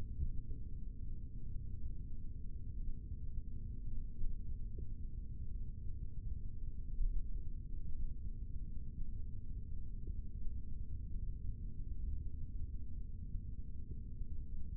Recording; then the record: forearm muscle sounds (acoustic myography)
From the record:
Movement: rest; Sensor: system 3, bracelet of six PUI Audio POM-2738L microphones around the upper forearm, with dedicated amplification and filtering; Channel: 2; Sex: male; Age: 23 years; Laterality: right